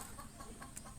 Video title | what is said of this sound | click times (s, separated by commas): paano Gumawa ng new version Gold Detector D.I.Y Locator.... | naka-lock na | 0.8 s